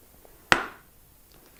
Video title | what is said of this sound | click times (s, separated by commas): Tuto : Comment changer la visière d'un casque moto ? | on a remis donc l'écran en place on a entendu le bruit qui veut dire que tout est vraiment dans le bon sens | 0.5 s